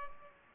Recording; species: mosquito wingbeat signal from an infrared sensor; Culex pipiens